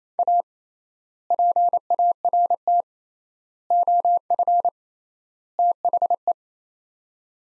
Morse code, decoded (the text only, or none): A PART OF THE